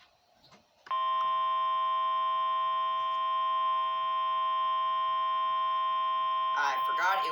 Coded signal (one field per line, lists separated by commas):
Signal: Emergency Alert System (SAME) tones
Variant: 1050 Hz attention tone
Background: speech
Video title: Required Weekly Test on NOAA Weather Radio (EAS #25) 2022/03/22